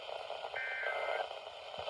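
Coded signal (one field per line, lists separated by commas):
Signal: Emergency Alert System (SAME) tones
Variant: end-of-message bursts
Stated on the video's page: Severe thunderstorm EAS alerts.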